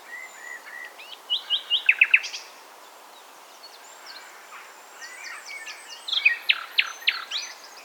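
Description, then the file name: Common nightingale song: a phrase of quick chirps building to loud repeated notes, a pause, then another burst of sharp rapid strokes. "Luscinia megarhynchos"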